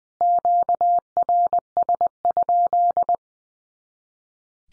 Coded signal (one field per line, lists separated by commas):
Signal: Morse code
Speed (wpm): 20 wpm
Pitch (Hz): 700 Hz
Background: none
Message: QRS?